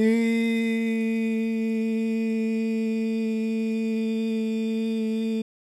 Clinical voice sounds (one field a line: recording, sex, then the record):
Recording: sustained vowel /i/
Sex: male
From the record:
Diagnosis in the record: Parkinson's disease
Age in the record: 71 years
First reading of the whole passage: 60 s, 8.7 characters per second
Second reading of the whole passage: 57 s, 9.1 characters per second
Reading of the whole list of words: 54 s, 5.3 characters per second